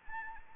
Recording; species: mosquito wingbeat signal from an infrared sensor; Anopheles gambiae